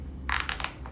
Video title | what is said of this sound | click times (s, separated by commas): Kore essentials Battle Belt & EDC Belt review and assembly. | See? I like that you got that little click going. | 0.3 s, 0.5 s, 0.6 s